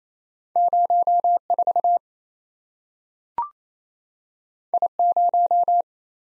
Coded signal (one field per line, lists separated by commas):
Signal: Morse code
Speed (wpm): 28 wpm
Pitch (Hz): 700 Hz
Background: none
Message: 04 I0